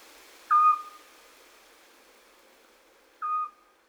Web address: chatillon hibou petit duc